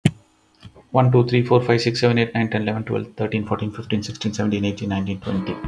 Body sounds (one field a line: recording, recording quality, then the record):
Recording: counting at a fast pace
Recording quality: excellent, no background noise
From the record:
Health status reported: healthy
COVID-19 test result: not tested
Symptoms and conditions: none ticked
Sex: male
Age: 39 years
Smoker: not ticked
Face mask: not worn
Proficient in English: yes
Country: India